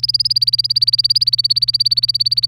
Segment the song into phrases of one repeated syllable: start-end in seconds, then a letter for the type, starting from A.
0.00-2.47 A